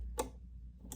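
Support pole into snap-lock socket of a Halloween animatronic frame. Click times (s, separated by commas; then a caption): 0.2 s, 0.9 s. A metal support pole on the stand of a Spirit Halloween Two-Faced Teddy animatronic frame is turned in its snap-lock socket, giving sharp clicks at 0.2 s and 0.9 s. The pole snaps into the lock and is seated.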